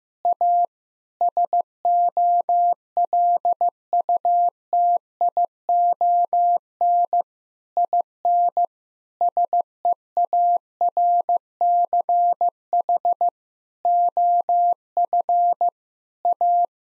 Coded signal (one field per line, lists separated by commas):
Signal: Morse code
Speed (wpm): 16 wpm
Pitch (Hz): 700 Hz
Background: none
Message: A SOLUTION IN SEARCH OF A